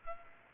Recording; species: mosquito wingbeat signal from an infrared sensor; Culex pipiens